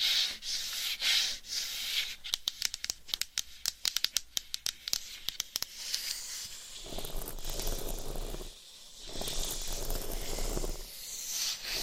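Gentle tapping and scratching, opening with a soft airy rustle before a run of quick, sharp taps from about two to six seconds. After that a denser, lower scratching takes over, briefly pausing near nine seconds before resuming with a bright hiss on top.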